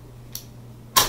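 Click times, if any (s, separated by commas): 0.4 s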